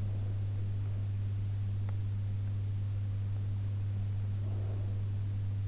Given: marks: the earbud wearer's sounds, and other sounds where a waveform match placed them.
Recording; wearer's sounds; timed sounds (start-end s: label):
sounds in sleep by an in-ear microphone; breath
0.00-1.33 s: breath
3.98-5.60 s: breath